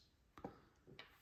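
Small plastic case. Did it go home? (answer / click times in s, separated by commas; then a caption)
yes / 0.4 s, 1.0 s. The top end of a plastic Ford Focus, Mondeo or Fiesta car remote key fob case is pressed home onto the other half during a battery replacement. Small, sharp plastic clicks sound at 0.4 s and 1.0 s, with a softer knock just after the first. The case halves click shut and are seated.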